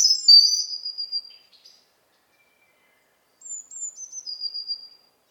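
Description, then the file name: European robin song: a high, bright whistled phrase falling in pitch, a pause, then a thin, descending, slurred whistle sequence, in a quiet setting. "Erithacus rubecula"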